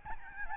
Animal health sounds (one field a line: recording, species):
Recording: mosquito wingbeat signal from an infrared sensor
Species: Aedes albopictus